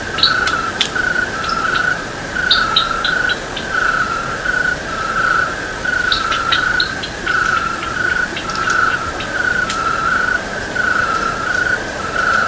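Cricket chirping: short pulses repeated steadily on a constant mid pitch, with scattered higher chirps over a constant hiss.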